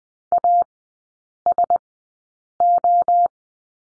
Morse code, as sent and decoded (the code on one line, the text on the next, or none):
.- / ... / ---
A S O